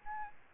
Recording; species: mosquito wingbeat signal from an infrared sensor; Aedes albopictus